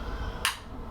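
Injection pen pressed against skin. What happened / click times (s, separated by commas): The spring-loaded pen gave its second click / 0.4 s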